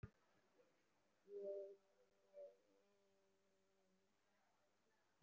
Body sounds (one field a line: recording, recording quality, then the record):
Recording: sustained vowel as in made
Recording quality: poor, much background noise or distortion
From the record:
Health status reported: respiratory illness, not identified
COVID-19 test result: negative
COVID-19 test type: RT-PCR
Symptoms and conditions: cough, sore throat, fatigue, muscle pain, asthma, chronic lung disease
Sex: female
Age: 33 years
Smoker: no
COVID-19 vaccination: one dose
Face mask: worn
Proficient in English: no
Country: India